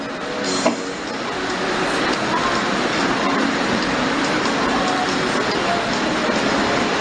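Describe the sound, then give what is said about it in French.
Heavy rain pours down in a steady, dense hiss that fills the whole stretch without letting up, loud and even from start to finish, with no clear talking over it. “Je ne sais pas si vous entendez cette abondante pluie qui tombe là.”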